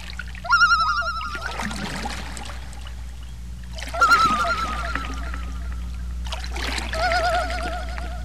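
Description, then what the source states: Loon tremolo, three quavering bursts a few seconds apart, mixed with splashing and rushing water sounds between calls over a low hum. More than one loon.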